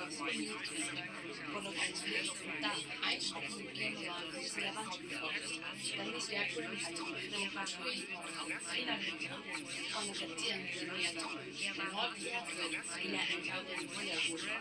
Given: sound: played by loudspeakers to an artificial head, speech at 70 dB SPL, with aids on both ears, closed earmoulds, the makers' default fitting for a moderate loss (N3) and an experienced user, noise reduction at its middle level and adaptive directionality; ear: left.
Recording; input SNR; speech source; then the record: speech test signal (ISTS) in cocktail-party noise; -3 dB; on the right (90 degrees)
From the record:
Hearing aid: class 2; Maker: C